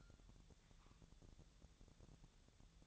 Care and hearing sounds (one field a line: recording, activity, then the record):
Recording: daily activity, microphone in the room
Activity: take from stove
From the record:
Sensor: 3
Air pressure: 999.2 hPa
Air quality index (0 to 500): 200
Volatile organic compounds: 47 ppm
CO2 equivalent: 3254 ppm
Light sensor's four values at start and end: 7/17/7/6 and 7/17/7/6